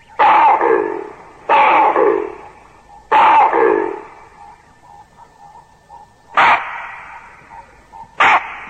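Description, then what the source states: Baboon warning barks: five loud, harsh, broad barks, three close together about every second and a half, then two more after a pause. Sentry of a troop in a strategic position, warning the troop of impending danger with warning and threatening sounds.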